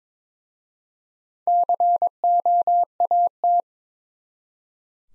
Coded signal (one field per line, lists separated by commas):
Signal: Morse code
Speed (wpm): 22 wpm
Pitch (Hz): 700 Hz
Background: none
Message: COAT